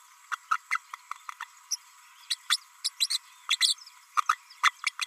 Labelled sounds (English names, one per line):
Green-rumped Parrotlet babbling